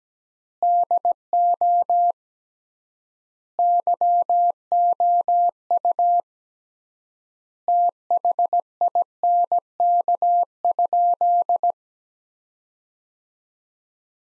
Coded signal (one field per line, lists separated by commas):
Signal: Morse code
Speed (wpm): 17 wpm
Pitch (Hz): 700 Hz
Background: none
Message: DO YOU THINK?